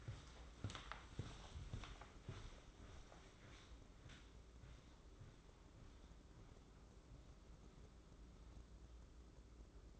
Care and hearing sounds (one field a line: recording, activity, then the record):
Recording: daily activity, microphone in the room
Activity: walk to room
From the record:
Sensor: 3